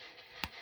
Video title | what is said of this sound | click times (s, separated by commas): Wwe Elite 105 Scott Stiner Action Figure Review | knee snap back into place fully | 0.4 s